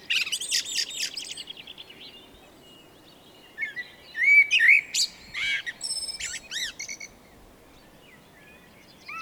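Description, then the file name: Eurasian blackbird song with a bright twittering start, a pause, then mellow fluted notes and sharp high squeaks. "Turdus merula"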